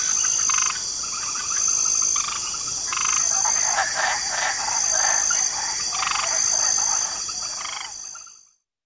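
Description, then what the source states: Frog chorus of overlapping croaks and rapid rattling pulses above a constant high-pitched whine, fading out at the end. Light chorus of frogs croaking in a swamp.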